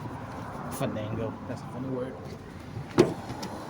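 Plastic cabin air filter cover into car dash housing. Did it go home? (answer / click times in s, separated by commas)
yes / 3.0 s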